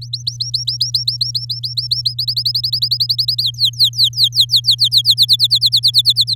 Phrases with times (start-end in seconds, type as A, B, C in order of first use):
0.01-2.14 A, 2.18-3.42 B, 3.43-5.14 C, 5.17-6.35 D